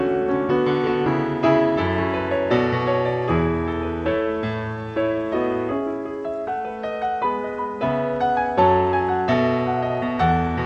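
Smooth jazz plays at an even level, with warm keyboard chords changing every second or so over a low, steady bass line.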